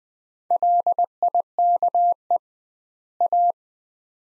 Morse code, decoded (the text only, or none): LIKE A